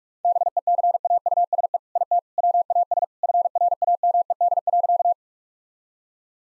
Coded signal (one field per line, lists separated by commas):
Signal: Morse code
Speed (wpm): 46 wpm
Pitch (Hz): 700 Hz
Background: none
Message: BECAUSE IT WAS FRAMED.